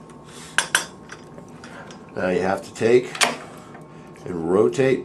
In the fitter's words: It'll literally snap right into place for you.